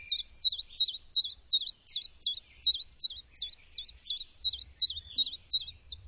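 Bird giving sharp high notes that drop steeply, repeated steadily about three times a second throughout, with faint low rumble beneath.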